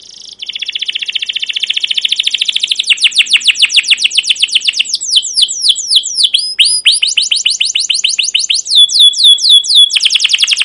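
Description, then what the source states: Canary song starting with a dense buzzy roll that breaks into fast repeated downward chirps and looping whistled notes. Song used as a lure (pancingan) to train other canaries to sing; long continuous singing with cuit-cuit notes and rolling (ngerol) passages.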